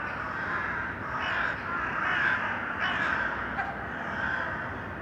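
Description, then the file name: Crow caws, rough and fairly soft, repeated irregularly throughout over dense steady background noise. Crows in an urban setting. "Detunized - Urban Crows"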